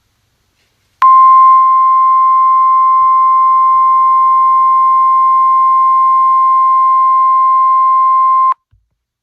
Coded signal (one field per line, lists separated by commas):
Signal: Emergency Alert System (SAME) tones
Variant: 1050 Hz attention tone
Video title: NOAA EAS SEVERE THUNDERSTORM WATCH 12/27/20